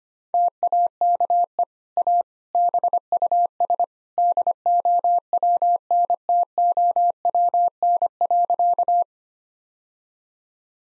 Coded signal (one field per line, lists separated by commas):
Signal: Morse code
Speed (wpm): 25 wpm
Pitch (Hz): 700 Hz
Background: none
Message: TAKE A BUS DOWNTOWN.